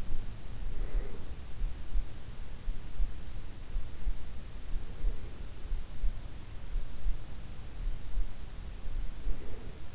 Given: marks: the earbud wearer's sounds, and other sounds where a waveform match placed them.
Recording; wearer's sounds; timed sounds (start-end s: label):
sounds in sleep by an in-ear microphone; breath
0.00-2.55 s: breath